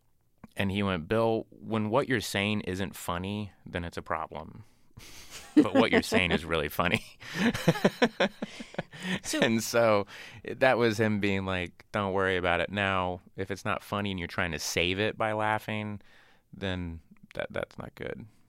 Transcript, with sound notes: And he went: Bill, when what you're saying isn't funny, then it's a problem. But what you're saying is really funny.
(LAUGHTER)
And so that was him being like don't worry about it. Now, if it's not funny, and you're trying to save it by laughing, then that's not good.